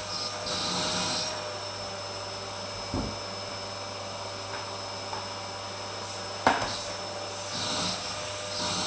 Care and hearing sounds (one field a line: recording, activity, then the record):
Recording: daily activity, microphone in the room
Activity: vacuum cleaning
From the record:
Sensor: 2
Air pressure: 1009.5 hPa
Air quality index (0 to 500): 187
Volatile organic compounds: 12 ppm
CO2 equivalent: 2325 ppm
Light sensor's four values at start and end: 24/59/25/28 and 24/58/25/27